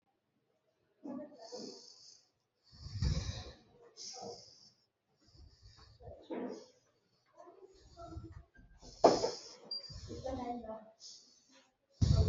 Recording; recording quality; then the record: deep breathing; moderate, slight background noise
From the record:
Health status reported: recovered from COVID-19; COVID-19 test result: positive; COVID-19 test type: RT-PCR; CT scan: not taken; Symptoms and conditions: cough, sore throat, fatigue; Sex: female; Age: 33 years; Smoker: no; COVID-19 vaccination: both doses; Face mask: worn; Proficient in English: yes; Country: India